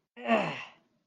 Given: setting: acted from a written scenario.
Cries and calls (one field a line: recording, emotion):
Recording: vocal sound without words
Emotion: disgust